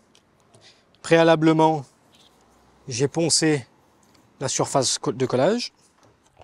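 A PVC end cap is being handled at the end of a PVC gutter, over a surface that had been sanded for gluing, while someone talks in three bursts. A few faint clicks and taps sound around the speech, but the cap has not seated or clicked on yet.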